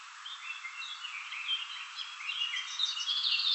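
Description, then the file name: Common chaffinch song: dense, overlapping bursts of bright chirping notes that grow louder toward the end. "Fringilla coelebs"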